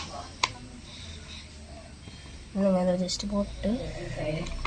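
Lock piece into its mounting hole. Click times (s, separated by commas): 0.4 s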